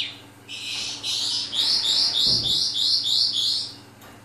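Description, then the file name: Oriental skylark giving a short series of even, high, buzzy notes repeated about every third of a second after a few rougher opening chirps. Vietnam. "suara-kicauan-sonca-branjangan-vietnam omkicau"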